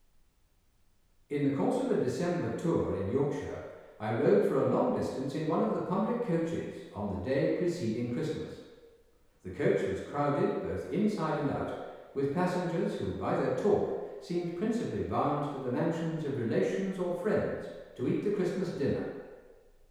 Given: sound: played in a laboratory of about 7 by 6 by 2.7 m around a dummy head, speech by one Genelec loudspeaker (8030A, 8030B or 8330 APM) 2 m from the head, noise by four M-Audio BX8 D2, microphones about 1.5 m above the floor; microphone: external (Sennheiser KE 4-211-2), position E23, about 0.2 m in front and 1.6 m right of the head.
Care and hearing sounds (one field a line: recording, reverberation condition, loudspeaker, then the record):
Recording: male speech in English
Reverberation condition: high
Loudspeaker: 150 degrees to the right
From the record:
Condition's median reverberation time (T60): about 1300 ms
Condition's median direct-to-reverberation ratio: about -4.0 dB